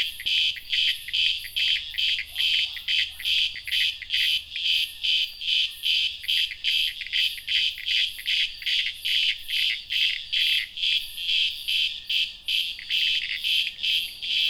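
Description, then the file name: Cicada giving high rasping buzzes that pulse regularly, roughly 140 a minute, steady throughout with a faint low hum underneath. "cigarras"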